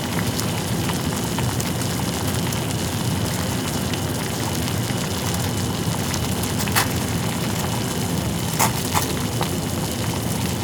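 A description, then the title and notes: Water boils and bubbles at a steady, dense roil, a low churning rumble filled with fine crackling pops. The sound stays even throughout, with a few sharper clicks and bursts standing out around seven and nine seconds. Boiling Bubbling Water.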